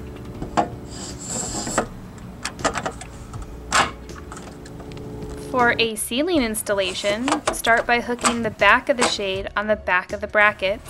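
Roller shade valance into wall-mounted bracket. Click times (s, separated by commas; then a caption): 2.4 s. A roller shade valance is hooked by its top onto a wall-mounted bracket, then the shade is rotated down until it locks into place. Rubbing sounds build to a sharp click at 2.5 s as the valance seats in the bracket, followed by a few lighter knocks. Afterward someone talks.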